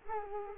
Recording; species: mosquito wingbeat signal from an infrared sensor; Culex quinquefasciatus